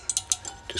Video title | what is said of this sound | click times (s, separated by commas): How To Replace Front Brake Pads & Discs On Vauxhall / Opel | Just Clips on | 0.3 s